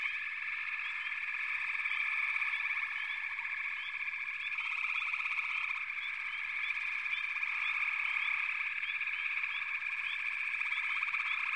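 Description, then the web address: Frog chorus, a dense continuous trilling mass with short rising chirps scattered over it, no other sounds. "Sounds of Nature Collection. Froggies"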